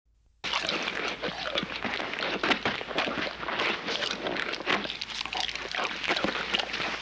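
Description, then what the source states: Bear eating, wet chewing and slurping starting after a short silence, then continuing as dense crunchy smacks. Eating, with wet chewing sounds.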